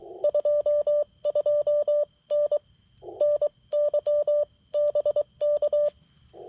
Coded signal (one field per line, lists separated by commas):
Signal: Morse code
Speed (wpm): 23 wpm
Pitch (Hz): 590 Hz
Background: none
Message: 22N NYBK